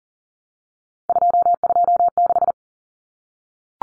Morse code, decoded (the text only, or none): 226